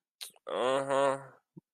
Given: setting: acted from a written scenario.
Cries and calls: vocal sound without words; desire

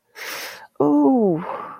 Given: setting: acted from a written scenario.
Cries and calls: vocal sound without words; embarrassment

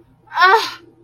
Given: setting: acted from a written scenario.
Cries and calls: vocal sound without words; contempt

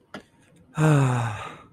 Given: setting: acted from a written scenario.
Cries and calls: vocal sound without words; pride

